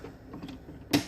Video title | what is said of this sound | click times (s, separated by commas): Unboxing Keurig 2.0 K450 MY K-CUP WILL NOT WORK | like this oh look at that it even snaps it's nice it's a little clicking spot | 0.9 s